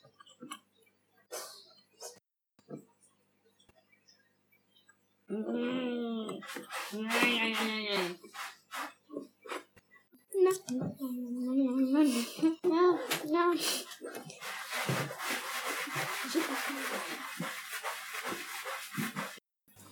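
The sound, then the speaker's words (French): Scattered light ticks and clicks, then voices talking, followed by several seconds of steady, gritty scratching of a dog digging holes in the ground. “Ton chien est en train de creuser des trous là.”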